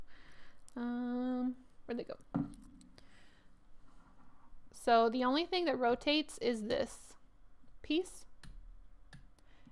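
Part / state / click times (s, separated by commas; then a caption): rotating base piece in a miniature miter cutting tool / seated / 8.4 s, 9.1 s, 9.4 s. The rotating base of a small miniature miter-cutting tool is turned and drops into its grooved angle stops while someone talks. Short clicks are heard at 8.4, 9.1 and 9.4 seconds as it seats into the angle detents.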